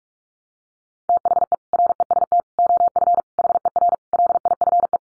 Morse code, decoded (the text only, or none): THE REST OF HER LIFE